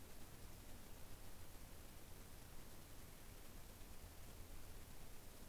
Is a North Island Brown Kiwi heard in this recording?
no